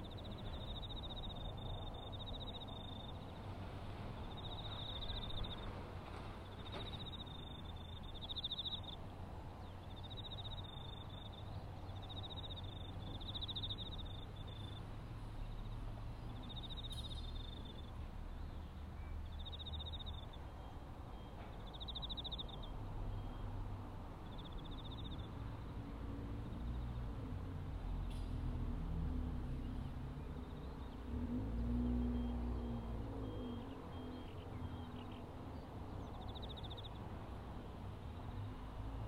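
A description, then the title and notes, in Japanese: Grass is being cut in a sweet potato field, with a steady low engine-like rumble running the whole time and swelling briefly near 31 seconds. Over the first 25 seconds, short high chirps repeat every second or two, then fade out. 環境音 機械音あり サツマイモ畑の草刈り。サツマイモの畝間を行ったり来たり、ひたすら草刈り機で草刈りです。そして、夜も徐々に肌寒くなってきて、頑張っているのはひたすら相手を探す秋虫たちの鳴き声。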